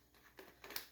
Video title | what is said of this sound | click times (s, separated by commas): Secret Center Cake Pan | set it on top and you hear that click and it turn on now with the | 0.8 s